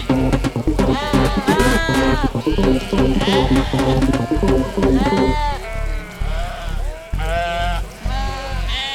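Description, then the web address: Goats bleating repeatedly, quavering harmonic cries over a low hum, louder in the first half, then separate softer bleats. "giggitygoo. goats"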